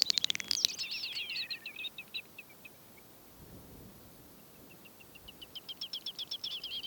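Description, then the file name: Great snipe display: clicks and a whistled, warbling flourish at the start, a few seconds of quiet, then a new run of quickening clicks and chirps. "great snipe - gallinago media"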